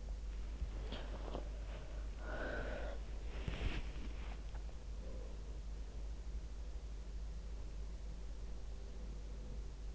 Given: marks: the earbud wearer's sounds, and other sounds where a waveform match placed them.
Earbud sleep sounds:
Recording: sounds in sleep by an in-ear microphone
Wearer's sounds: body movement, breath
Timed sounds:
0.00-5.35 s: body movement
2.29-3.13 s: breath

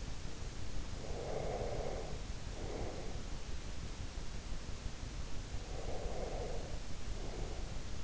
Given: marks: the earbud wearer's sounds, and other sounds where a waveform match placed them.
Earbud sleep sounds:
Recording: sounds in sleep by an in-ear microphone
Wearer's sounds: breath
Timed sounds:
0.90-3.30 s: breath
5.81-8.04 s: breath

